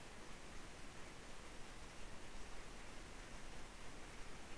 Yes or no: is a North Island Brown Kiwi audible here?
no